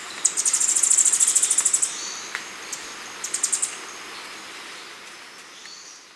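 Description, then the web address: Rufous-throated tanager calls in a rapid, evenly spaced series of high, sharp notes lasting over a second, then a shorter burst, over a faint hiss. Recorded in Ecuador. "Natures Songs S America Birds of Ecuador Rufous-throated Tanager"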